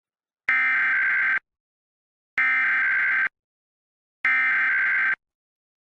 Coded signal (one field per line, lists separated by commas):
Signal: Emergency Alert System (SAME) tones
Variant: header bursts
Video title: All NWS, required tests, and Amber Alerts (EAS #134 - EAS #148)